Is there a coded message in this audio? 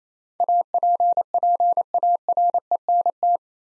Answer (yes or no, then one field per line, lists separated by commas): yes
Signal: Morse code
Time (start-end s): 0.4-3.4 s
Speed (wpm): 29 wpm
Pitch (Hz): 700 Hz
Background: none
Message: APPARENT